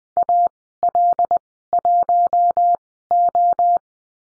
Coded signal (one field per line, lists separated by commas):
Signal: Morse code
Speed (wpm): 20 wpm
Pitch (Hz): 700 Hz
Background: none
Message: AL1O